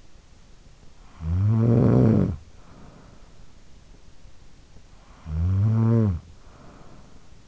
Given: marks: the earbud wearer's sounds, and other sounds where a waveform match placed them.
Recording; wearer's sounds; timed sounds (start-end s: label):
sounds in sleep by an in-ear microphone; snoring breath
0.74-3.87 s: snoring breath
4.66-7.48 s: snoring breath